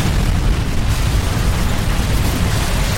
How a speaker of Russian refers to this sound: наполнили салон самолета, и еще через непродолжительный фрагмент времени произошло касание воздушного судна о поверхность земли, а далее удар и мощный взрыв, который Эдуарду, правда, не суждено было услышать.